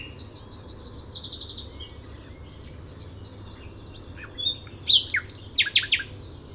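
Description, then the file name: Common nightingale song opening with a quick stuttering note series, then sparse thin whistles, ending in a loud run of sharp chip notes; low hum throughout. "Luscinia megarhynchos"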